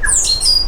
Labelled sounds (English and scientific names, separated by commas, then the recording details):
Stitchbird (Notiomystis cincta) song
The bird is a male
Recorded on Tiritiri Matangi Island, New Zealand, in 2005
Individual 12, of nest box 16